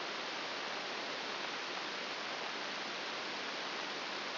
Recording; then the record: brain microelectrode recording played as sound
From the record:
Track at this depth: outside the subthalamic nucleus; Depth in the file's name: 6.501 mm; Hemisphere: left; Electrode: 2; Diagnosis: Parkinson's disease